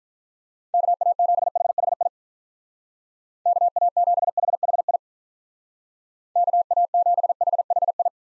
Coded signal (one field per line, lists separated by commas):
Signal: Morse code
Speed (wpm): 45 wpm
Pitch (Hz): 700 Hz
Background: none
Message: KA7HHI KA7HHI KA7HHI